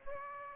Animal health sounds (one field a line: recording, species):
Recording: mosquito wingbeat signal from an infrared sensor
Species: Aedes aegypti